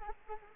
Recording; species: mosquito wingbeat signal from an infrared sensor; Anopheles arabiensis